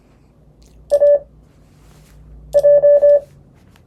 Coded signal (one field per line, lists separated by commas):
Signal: Morse code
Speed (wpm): 21 wpm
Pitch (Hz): 550 Hz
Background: none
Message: AJ